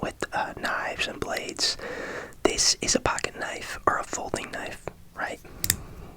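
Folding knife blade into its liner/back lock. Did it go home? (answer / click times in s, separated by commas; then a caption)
yes / 5.7 s. Someone talks in a whisper while opening the blade of a steel folding pocket knife. At 5.7 s a sharp click is heard as the blade locks open into its liner/back lock.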